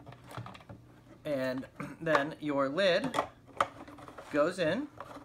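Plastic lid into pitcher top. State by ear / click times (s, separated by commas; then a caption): not seated / none. A plastic lid is handled and fitted into the top of an infuser pitcher while someone talks, with light plastic taps and knocks near the start and a sharp tap around 3.6 s. Nothing has seated or clicked into place yet.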